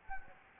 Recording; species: mosquito wingbeat signal from an infrared sensor; Anopheles gambiae